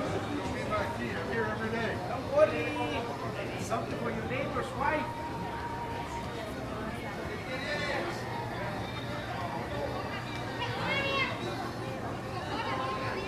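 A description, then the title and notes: Steady murmur of many voices talking along a busy pedestrian street, with a low hum underneath and occasional sharper knocks and footsteps. Walking Down 5th Avenue In Playa Del Carmen (Ambient Sounds, Walking, Talking, Car Noise, Footsteps, Birds Chirping). In this episode we are taking a stroll down the busy 5th avenue in Playa Del Carmen, Mexico.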